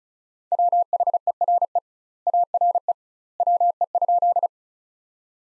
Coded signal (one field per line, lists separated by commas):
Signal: Morse code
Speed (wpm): 34 wpm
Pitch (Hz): 700 Hz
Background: none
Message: WHERE ARE WE?